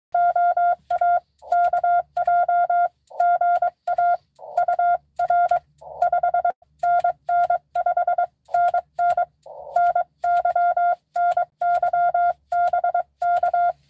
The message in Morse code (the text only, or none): OA KJ GA UR 5NN 5NN NY NY BK